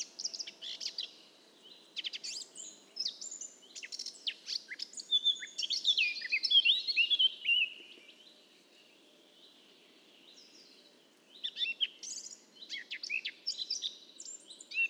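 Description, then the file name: Eurasian blackcap song, two bursts of scratchy warbling with rich fluting whistles in the middle, separated by a silent gap of about three seconds. "Sylvia atricapilla"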